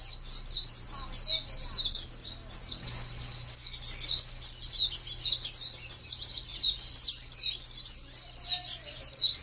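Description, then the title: White-eye song: a rapid, high-pitched chattering twitter repeated without break, with a few faint lower sounds and a low hum in the background. "Pleci. suara"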